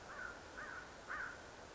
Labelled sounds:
American Crow (Corvus brachyrhynchos)
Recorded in Sonoma County, California

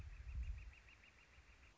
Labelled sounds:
Northern Flicker (Colaptes auratus)
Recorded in Sonoma County, California

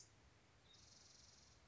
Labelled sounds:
Spotted Towhee (Pipilo maculatus)
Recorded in Sonoma County, California

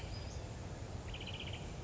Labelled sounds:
Western Flycatcher (Empidonax difficilis)
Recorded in Sonoma County, California

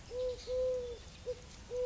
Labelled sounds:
Eurasian Collared Dove (Streptopelia decaocto)
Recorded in Sonoma County, California

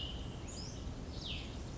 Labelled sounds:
Cassin's Vireo (Vireo cassinii)
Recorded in Sonoma County, California

